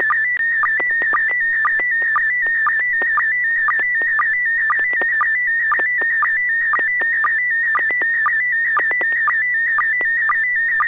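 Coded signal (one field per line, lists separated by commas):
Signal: SSTV (slow-scan television)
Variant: PD 120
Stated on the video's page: SSTV net on an FM repeater at 441.300 MHz in Sacramento, using MMSSTV software.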